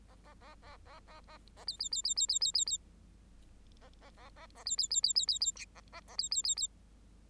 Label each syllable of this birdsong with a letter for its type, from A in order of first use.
A A A A A A A A B B B B B B B B B A A A A A B B B B B B B C A A A B B B B